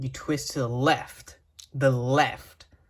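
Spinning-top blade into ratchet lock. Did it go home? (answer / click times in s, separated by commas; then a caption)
no / none. A plastic spinning-top blade and ratchet are handled, being twisted to the left to lock them together, while someone talks. Nothing has seated or clicked yet; the clip ends just before the blade locks into the ratchet.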